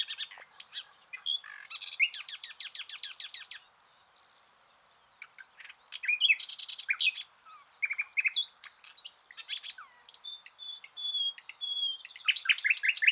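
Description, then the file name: Common nightingale song with rapid stuttering series of clicks and chips, a thin high whistled sequence, buzzy bursts and varied liquid phrases running almost continuously. "Luscinia megarhynchos"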